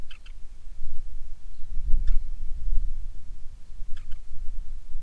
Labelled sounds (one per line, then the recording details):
bird
wind
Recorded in the Prudhoe Bay oil fields, Alaska, on 10 July 2019 at 09:37
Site 11